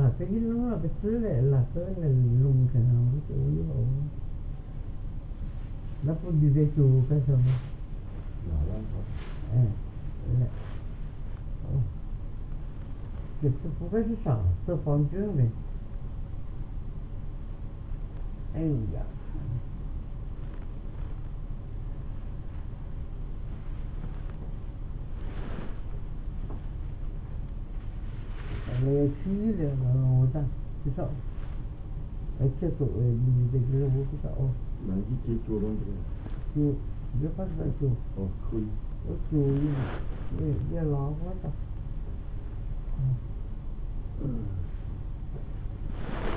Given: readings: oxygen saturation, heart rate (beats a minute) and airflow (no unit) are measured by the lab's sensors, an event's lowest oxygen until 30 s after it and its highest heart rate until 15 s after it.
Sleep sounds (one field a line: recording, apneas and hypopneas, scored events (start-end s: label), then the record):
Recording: a person awake in a sleep study, by a smartphone at the bedside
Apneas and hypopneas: none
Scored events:
0.00-46.37 s: awake
From the record:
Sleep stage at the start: awake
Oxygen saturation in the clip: 96 to 97%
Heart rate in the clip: 56 to 61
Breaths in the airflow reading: 13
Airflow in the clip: -3.6 to 7.1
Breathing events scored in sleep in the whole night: 388 in 6.5 hours asleep